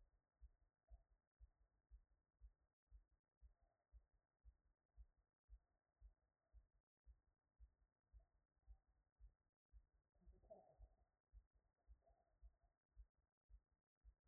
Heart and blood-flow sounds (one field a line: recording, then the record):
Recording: heart sounds by stethoscope after running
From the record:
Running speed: 5 mph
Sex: female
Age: 50 to 59 years